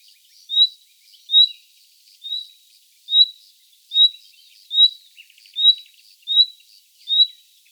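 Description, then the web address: Common nightingale calls: a high, clear whistled note repeated a little more than once a second, with one short buzzy rattle in the second half. "songs luscinia megarhynchos call"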